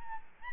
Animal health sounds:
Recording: mosquito wingbeat signal from an infrared sensor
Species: Aedes albopictus

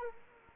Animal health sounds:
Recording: mosquito wingbeat signal from an infrared sensor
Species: Anopheles arabiensis

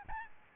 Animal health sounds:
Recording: mosquito wingbeat signal from an infrared sensor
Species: Aedes albopictus

